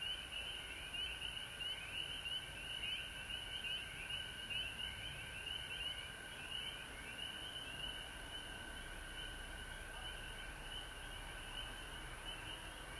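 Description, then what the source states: Frogs calling in chorus, busy rising peeps over a continuous trill for most of the stretch, thinning slightly toward the end. Recorded at home in Georgia on March 19, 2020.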